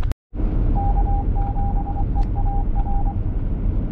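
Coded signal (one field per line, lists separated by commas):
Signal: Morse code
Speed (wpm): 24 wpm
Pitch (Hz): 800 Hz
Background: none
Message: K7EAR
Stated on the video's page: Morse heard during a Summits On The Air activation of three summits in Arizona's White Mountains.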